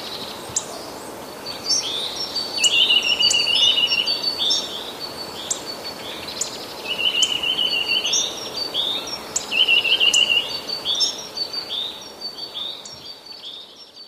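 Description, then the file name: Eurasian nuthatch calls: rapid high trilled runs of piping notes in several bursts, with sharp high ticks above and a faint hiss throughout. Recorded 18 March 2015. "kowalik 18 03 2015"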